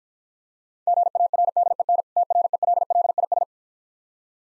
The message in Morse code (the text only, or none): GARDEN TRELLIS